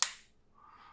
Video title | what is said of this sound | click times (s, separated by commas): Nemesis Transforms Mastermind Creations R-48 Optus Pexus | take this, slide that forward until it clicks. | 0.0 s